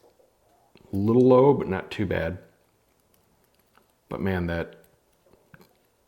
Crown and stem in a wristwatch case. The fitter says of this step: in and out motion is Gummy to say the least there's no distinctive click